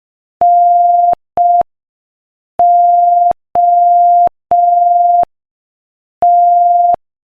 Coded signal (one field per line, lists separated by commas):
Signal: Morse code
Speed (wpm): 5 wpm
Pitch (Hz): 700 Hz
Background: none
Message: NOT